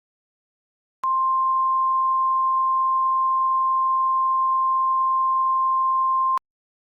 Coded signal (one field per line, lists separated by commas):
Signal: Emergency Alert System (SAME) tones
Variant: 1050 Hz attention tone